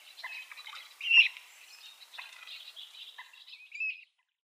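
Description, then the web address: Common moorhen chicks giving thin, high peeping calls, scattered and overlapping, with one louder squeaky note near the start and quieter cheeping after. Downy young. "Schulze Peter Common Moorhen downy Young"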